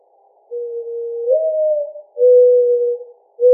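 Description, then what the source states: Mourning Dove cooing: a soft, low note rising into a slightly higher hoo, followed by a long, even, mournful hoot and the start of another. Recorded 14 July 2009.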